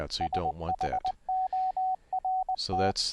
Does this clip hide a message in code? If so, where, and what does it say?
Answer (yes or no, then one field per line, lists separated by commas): yes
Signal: Morse code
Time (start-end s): 0.2-2.9 s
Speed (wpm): 20 wpm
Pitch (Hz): 750 Hz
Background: speech, radio noise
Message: SHORT